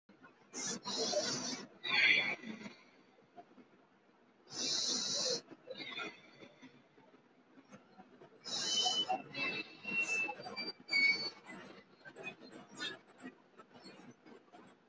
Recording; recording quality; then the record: deep breathing; excellent, no background noise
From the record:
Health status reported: healthy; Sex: female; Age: 20 years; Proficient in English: yes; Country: India